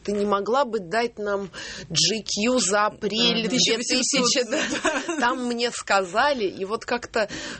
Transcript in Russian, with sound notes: «Ты не могла бы дать нам «GQ» за апрель две тысяча…» (смех) «Там, мне сказали…» И вот как-то